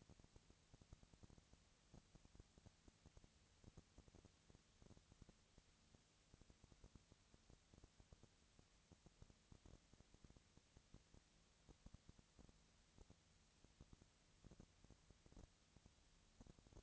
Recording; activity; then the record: daily activity, microphone in the room; no activity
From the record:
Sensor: 3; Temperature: 20.6 degrees Celsius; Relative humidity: 35.7%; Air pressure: 998.8 hPa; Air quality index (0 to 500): 235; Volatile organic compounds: 71 ppm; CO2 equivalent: 3524 ppm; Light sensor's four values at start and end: 2/3/2/2 and 2/3/2/2